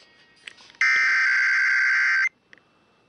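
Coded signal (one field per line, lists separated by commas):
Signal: Emergency Alert System (SAME) tones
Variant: header bursts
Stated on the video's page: Automated required weekly test EAS tones aired on a radio station.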